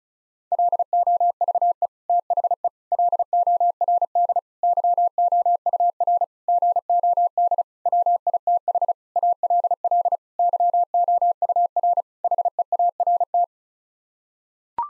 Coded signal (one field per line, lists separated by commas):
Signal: Morse code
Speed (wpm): 34 wpm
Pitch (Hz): 700 Hz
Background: none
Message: LOVE THE LORD YOUR GOD WITH ALL YOUR HEART